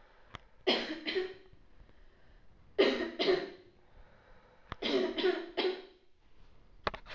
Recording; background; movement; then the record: deep breathing; a bystander coughing; sitting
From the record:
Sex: male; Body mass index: 20.6 kg/m2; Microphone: on the chest, facing outward